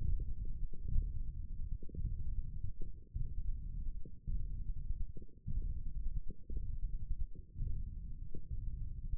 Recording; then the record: forearm muscle sounds (acoustic myography)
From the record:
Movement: index flexion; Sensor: system 1, eight BSWA MPA416 microphones around the upper forearm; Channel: 1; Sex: male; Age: 20 years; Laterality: left